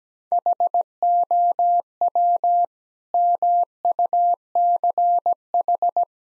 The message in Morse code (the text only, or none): HOW MUCH